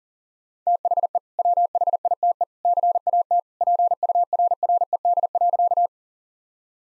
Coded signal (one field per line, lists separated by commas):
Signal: Morse code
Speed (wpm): 37 wpm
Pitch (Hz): 700 Hz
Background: none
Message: THE WHITE CAT PURRED.